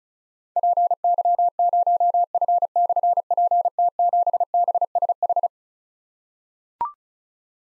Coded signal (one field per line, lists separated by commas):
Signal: Morse code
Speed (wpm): 36 wpm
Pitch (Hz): 700 Hz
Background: none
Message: PY0F/PT7BSH